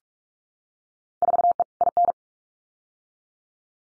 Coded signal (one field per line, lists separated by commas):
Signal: Morse code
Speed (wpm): 44 wpm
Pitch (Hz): 700 Hz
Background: none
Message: 4E IN